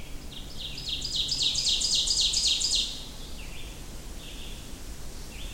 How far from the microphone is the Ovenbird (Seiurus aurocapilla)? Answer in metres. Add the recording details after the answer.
about 15 m. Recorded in boreal forest in Alberta, Canada, on 25 June 2016 at 07:27. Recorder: SongMeter 3, array SBT-6-76. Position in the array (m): 15 m, 119 m. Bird 2